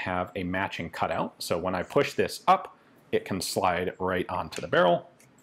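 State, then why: Not seated. Someone talks while pushing a snap-on suppressor, held by a pair of spring pins with a matching cutout, up to slide onto the barrel of a Knight's XM9 Beretta "Hush Puppy" pistol for USAF survival kits, a barrel with two scalloped cuts on either side. Nothing has seated or clicked yet.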